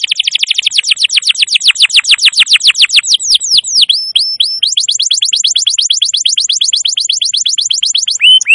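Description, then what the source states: Canary song of continuous rapid trills of downward-sweeping notes, a short pause with slurred notes, then another fast rolling trill. Recording made as a lure to attract birds.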